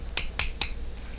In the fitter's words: Make it click. Do you hear that?